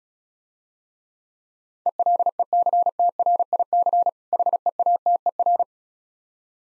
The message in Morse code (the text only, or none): ELECTRIC HEATER